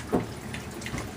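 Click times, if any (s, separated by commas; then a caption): none. A rifle's folding stock, likely an AK-pattern receiver, is swung into its folded position with the safety lever up so its locking mechanism can catch. Only two faint taps are heard, at about 0.5 and 0.9 s, over a steady hiss. The stock lock does not engage, and nothing has latched or clicked into place.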